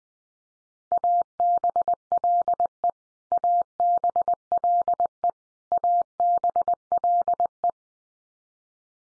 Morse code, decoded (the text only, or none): ABLE ABLE ABLE